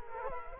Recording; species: mosquito wingbeat signal from an infrared sensor; Culex quinquefasciatus